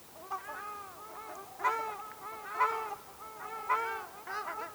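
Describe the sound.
Ruddy shelduck nasal, arched honks in bursts roughly every second, some louder and harsher.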